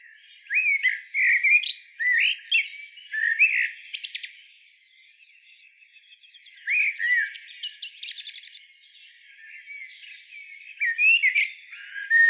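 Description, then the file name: Eurasian blackbird song: flowing fluty phrases with rising and falling notes, finished by shrill twittering, heard in several bursts with gaps between. "Turdus merula"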